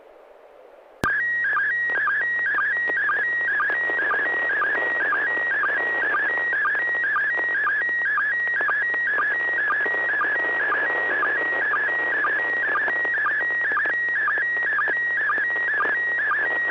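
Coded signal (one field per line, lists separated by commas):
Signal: SSTV (slow-scan television)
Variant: PD 120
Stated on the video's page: SSTV net on an FM repeater at 441.300 MHz in Sacramento, CA, using MMSSTV software.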